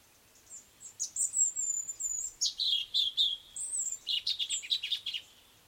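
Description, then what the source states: Bird song, a lively run of high, thin chirps and short whistled trills, several rapid phrases in quick succession over faint background hiss. Sweet birdsong heard outside a window.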